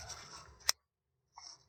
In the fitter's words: click you heard that click so you put on this